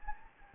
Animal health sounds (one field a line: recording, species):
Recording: mosquito wingbeat signal from an infrared sensor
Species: Anopheles gambiae